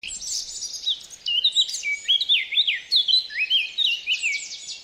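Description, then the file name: Eurasian blackcap song, a scratchy high warble that bursts into loud, fluty whistled phrases with rising and falling notes after the first second. "Sylvia atricapilla"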